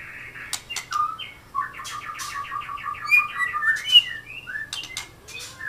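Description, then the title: Oriental magpie-robin singing a fast run of repeated short whistled notes, framed by sliding whistles and sharp clicks, over a faint low hum. "Kicau Kacer"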